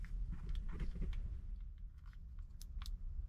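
A microSD card is lined up with its contacts facing the screen side and pushed into the card slot on the right side of a VIOFO A119 Mini 2 dash cam. After some faint scraping and handling, a sharp click at 2.6 s marks the card latching into the slot, and it is seated.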